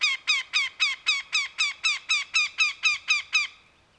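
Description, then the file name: Northern goshawk with a fast, regular cackle of many harsh kek notes, then silence. 12 May 2010. "andrew spencer nogo"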